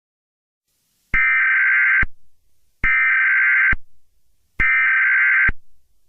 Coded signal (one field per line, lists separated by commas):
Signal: Emergency Alert System (SAME) tones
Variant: header bursts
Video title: EAS Scenario: The Demon Clown And The Headless Bunny (LOUD NOISES WARNING)